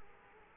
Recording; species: mosquito wingbeat signal from an infrared sensor; Culex quinquefasciatus